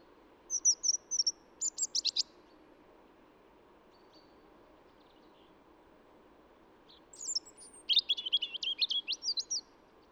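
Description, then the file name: European robin song, short high trilled bursts at the start, a long pause, then a longer run of sharp, thin, rapidly repeated high notes. "Erithacus rubecula"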